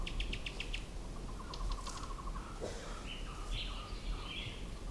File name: Cuban tody